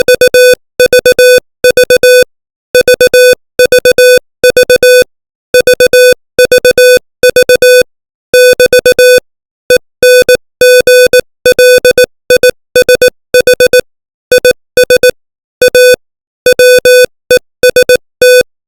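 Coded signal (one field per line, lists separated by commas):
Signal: Morse code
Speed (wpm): 18 wpm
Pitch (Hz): 500 Hz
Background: music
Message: UVV VVV VVV <BT> ENGLISH IS A WEST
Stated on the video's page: Morse code practice at 18 WPM, opening with VVV, sending English text.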